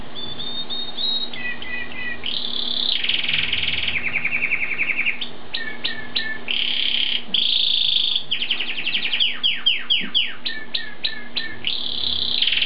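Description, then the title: Bird song, loud and continuous: varied phrases of rapid trills, buzzy runs and quick repeated sweeping notes, with a steady low hum underneath throughout. "burung online"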